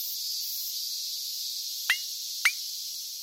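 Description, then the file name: Cicada buzzing as a continuous high, hissing drone, interrupted by two sharp clicks about half a second apart. "poppen cicada"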